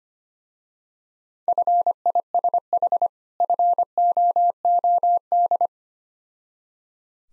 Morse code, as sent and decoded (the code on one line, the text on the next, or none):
..-. .. ... .... / ..-. --- --- -..
FISH FOOD